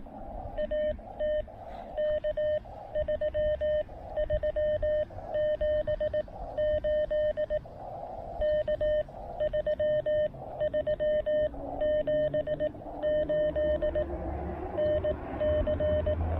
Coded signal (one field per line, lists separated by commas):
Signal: Morse code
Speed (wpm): 17 wpm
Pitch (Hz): 620 Hz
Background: none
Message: AT K3378 K3378 NC